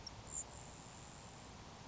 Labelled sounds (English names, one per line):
Grasshopper Sparrow